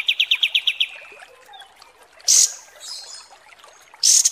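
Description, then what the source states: Kapas Tembak song: a quick run of several bright chirps, then two loud high buzzy bursts. Masteran (tutor) recording used to train caged birds' song, described as 'mewah' (luxurious).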